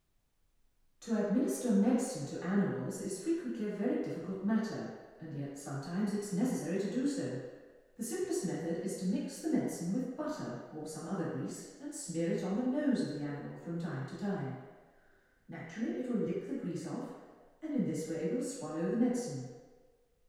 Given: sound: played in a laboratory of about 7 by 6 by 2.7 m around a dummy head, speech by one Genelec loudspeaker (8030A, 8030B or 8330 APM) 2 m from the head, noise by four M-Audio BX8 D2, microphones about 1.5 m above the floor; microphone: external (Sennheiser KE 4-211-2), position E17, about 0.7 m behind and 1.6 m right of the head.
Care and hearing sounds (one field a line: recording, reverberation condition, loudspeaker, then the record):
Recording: female speech in English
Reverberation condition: high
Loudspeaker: in front (0 degrees)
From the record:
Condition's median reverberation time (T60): about 1300 ms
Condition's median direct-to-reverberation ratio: about -4.0 dB